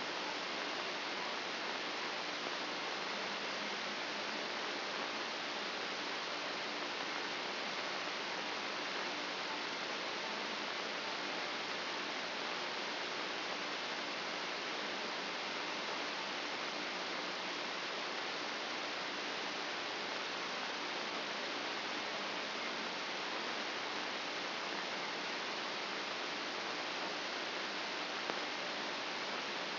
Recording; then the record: brain microelectrode recording played as sound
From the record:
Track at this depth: inside the subthalamic nucleus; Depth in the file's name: 3.431 mm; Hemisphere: left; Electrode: 2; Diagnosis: Parkinson's disease